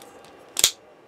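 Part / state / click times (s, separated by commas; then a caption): plastic frame part with poly cap into model kit torso frame / seated / 0.6 s. A plastic inner-frame part of a 1/60 model kit, with a poly cap fitted on its base, is pushed into its socket in the torso frame. Two sharp, close-together snaps are heard at 0.6 s and 0.6 s, the second louder, and the part seats in place.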